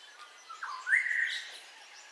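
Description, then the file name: A bird gives a short dropping note followed by a loud rising whistle that holds steady briefly, over faint background chirps. Dawn ambience, recorded in stereo. "AMBIENCE DAWN BIRDCALLS 04 STEREO"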